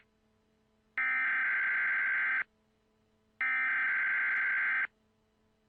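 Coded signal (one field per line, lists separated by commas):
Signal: Emergency Alert System (SAME) tones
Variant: header bursts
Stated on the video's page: Simulated EAS scenario, not a real alert.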